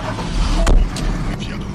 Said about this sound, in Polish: To co, ciągnikiem jedziemy? No, zapraszam do Mercedes. Taki ciągnik to na pewno przejedzie i nie utknie.